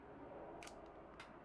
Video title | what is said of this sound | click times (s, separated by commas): What is a Multi Interface hot shoe adapter? | the adapter on until it clicks and it's locked in. | 0.6 s, 0.7 s